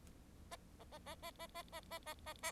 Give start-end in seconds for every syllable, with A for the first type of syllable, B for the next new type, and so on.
0.51-0.56 A, 0.79-0.84 A, 0.91-0.98 A, 1.06-1.15 A, 1.22-1.31 A, 1.39-1.47 A, 1.54-1.62 A, 1.72-1.80 A, 1.90-1.99 A, 2.06-2.14 A, 2.26-2.33 A, 2.42-2.52 A